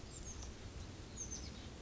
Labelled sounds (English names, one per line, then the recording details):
Oak Titmouse
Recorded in Sonoma County, California